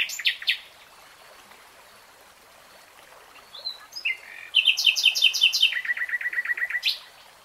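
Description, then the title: Nightingale phrase: sharp opening notes, a pause, short chirps, then a loud fast trill followed by a run of lower repeated notes. Singing, recorded in real time; a three-hour recording. "[Tiếng chim hót] Nightingale Singing"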